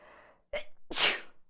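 A faint breathy intake and a brief catch are followed by one loud, explosive, hissing sneeze that fades within half a second. It is a single ordinary sneeze from an adult, the body's reflex for clearing irritants from the nose.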